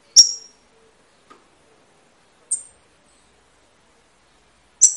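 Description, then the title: Double-collared seedeater uttering three short, piercing high notes spaced about two seconds apart in otherwise quiet surroundings. Tui-tui song, a tutor song ('canto professor') for teaching young birds; the bird is described as 'fibra'. "COLEIRO TUI TUI FIBRA CANTO PROFESSOR"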